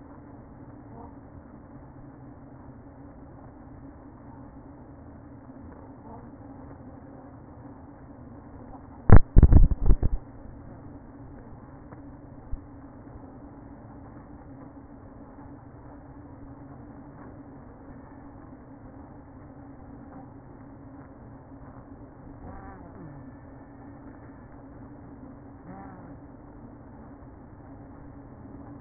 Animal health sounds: honeybee colony, microphone inside the hive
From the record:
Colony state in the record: queen present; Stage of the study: after two queens were removed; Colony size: about 60,000 bees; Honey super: yes

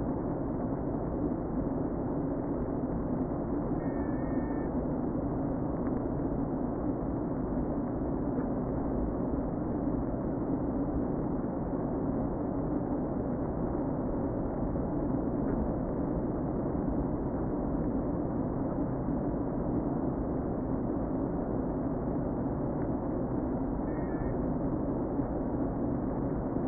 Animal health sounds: honeybee colony, microphone inside the hive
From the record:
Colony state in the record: queen present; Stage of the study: before two queens were removed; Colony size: about 60,000 bees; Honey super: yes

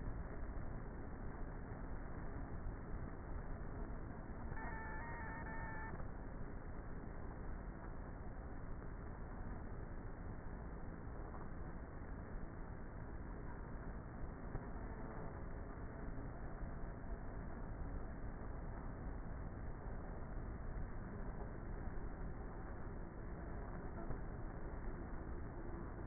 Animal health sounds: honeybee colony, microphone inside the hive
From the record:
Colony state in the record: queenless with a low population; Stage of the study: before two queens were removed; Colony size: about 30,000 bees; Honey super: no

